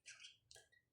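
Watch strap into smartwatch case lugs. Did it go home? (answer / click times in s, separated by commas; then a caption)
no / none. A watch strap is handled and pushed toward the lug holes of an Honor Watch Fit smartwatch body, a press fit meant to snap into place. Brief high-pitched scraping and rustling is heard, with a sharp tick at about 0.5 s. Nothing has seated or clicked into place yet.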